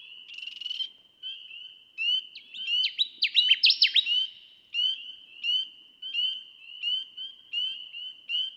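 Connecticut warbler song, a bright rush of quick slurred notes midway, set against a continuous pattern of high, repeated tonal notes.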